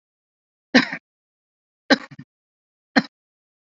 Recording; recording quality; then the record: shallow voluntary cough; excellent, no background noise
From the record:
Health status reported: COVID-19 positive, moderate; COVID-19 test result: positive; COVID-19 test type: RT-PCR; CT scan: not taken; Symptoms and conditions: cough, cold, breathing difficulty, sore throat, fever, fatigue, muscle pain, diarrhoea, hypertension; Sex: male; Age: 36 years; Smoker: yes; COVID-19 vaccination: one dose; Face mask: worn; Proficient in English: no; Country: India